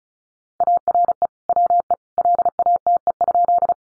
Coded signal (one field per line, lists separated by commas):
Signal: Morse code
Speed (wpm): 34 wpm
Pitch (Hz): 700 Hz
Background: none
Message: ARE WE LATE?